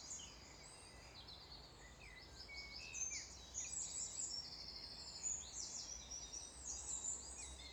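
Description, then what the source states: Birds singing, with high twittering phrases over a soft wind noise. Wind blowing.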